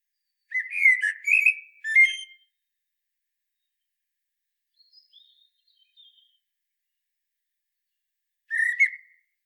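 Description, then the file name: Common blackbird giving a rich, fluty warble followed by a short high flourish, then faint notes and one more brief fluted phrase near the end. "Turdus merula"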